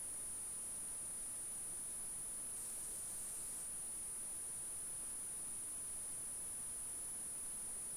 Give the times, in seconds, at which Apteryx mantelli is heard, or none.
none